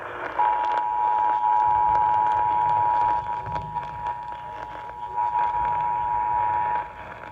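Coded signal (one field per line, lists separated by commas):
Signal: Emergency Alert System (SAME) tones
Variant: 853 and 960 Hz attention tone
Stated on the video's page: Severe thunderstorm warnings received on weather radio WXK65 and on WRVA 1140 AM, the latter with bad reception.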